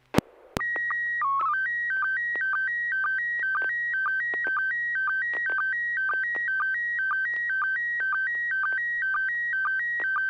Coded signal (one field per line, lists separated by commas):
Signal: SSTV (slow-scan television)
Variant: PD 120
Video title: N6NA SSTV Net - 09/13/2023